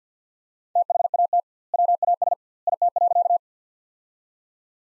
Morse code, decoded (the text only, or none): THAT WAS IT.